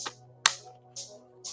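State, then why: Seated. A frame part is pushed forward into a foam/plastic fixed-wing drone airframe during a build and latches with one very sharp, loud click at 0.5 s. Softer, airy ticks come near 0.1, 1.0 and 1.5 s over a steady low hum. The part is seated in place.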